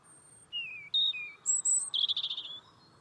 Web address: cianscape birddata Deverinetal Bird Only Er Ru